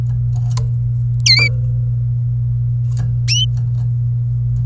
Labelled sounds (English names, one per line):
Domestic Canary song